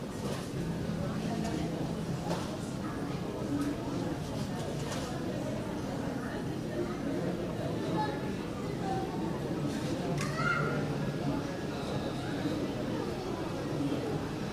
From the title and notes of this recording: Waiting in Terminal 3 At The Ft.Lauderdale Airport. It's an early morning flight so you will hear sounds of shops and restaurants starting to open as passengers file their way in.